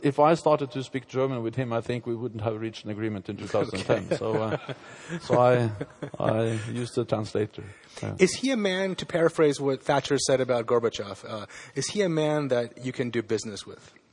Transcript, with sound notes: if I started to speak German with him, I think we wouldn't have reached an agreement in 2010.
Okay. [Laughing]
So I used a translator then.
Is he a man, to paraphrase what Thatcher said about Gorbachev, is he man that you can do business with?